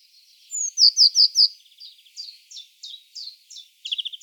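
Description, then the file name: Eurasian blue tit giving bright high descending notes in quick series, then a run of thinner notes and a final short trill. "Cyanistes caeruleus"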